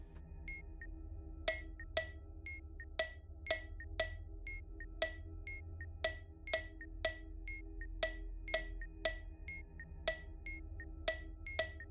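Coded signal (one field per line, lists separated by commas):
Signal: tap code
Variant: 3D tap code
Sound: about twenty sharp wooden clicks in steady rhythm, with soft high beeps between them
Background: game background hum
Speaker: we're going to get a triplet of clicks for a five letter word so five triplets of clicks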